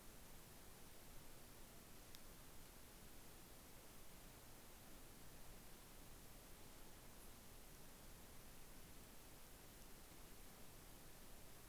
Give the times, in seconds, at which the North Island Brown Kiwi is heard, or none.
none